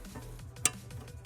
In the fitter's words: Of course, take the connector, put it in the ADS module, and push until it clicks in.